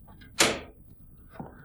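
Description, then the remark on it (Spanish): A room door opens with a sharp, bright clack that trails off over a fraction of a second, followed about a second later by a softer, duller knock. “La puerta del cuarto se ha abierto.”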